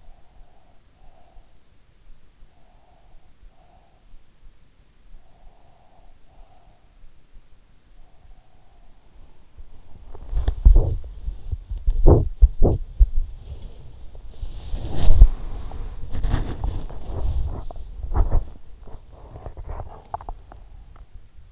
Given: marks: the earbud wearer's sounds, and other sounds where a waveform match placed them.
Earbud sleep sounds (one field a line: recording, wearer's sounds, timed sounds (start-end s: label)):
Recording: sounds in sleep by an in-ear microphone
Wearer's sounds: breath, body movement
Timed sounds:
0.00-1.58 s: breath
2.28-4.15 s: breath
5.28-6.87 s: breath
9.64-21.52 s: body movement